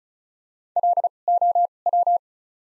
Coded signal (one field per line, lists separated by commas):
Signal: Morse code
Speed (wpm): 36 wpm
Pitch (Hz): 700 Hz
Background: none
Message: L O W